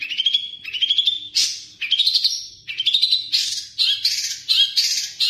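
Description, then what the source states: Long-tailed shrike song: a busy run of high chattering and whistled phrases, some rising and slurred, repeated in quick bursts, with a faint steady low hum. Combination song (kombinasi).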